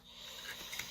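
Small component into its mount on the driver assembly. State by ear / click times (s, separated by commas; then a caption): not seated / none. A second identical small component is pressed by hand toward its mount on a 3 kW Tesla coil driver assembly, giving soft, breathy handling and rubbing noise with a brief sharper spike near 0.8 s. The part has not seated or clicked into place yet.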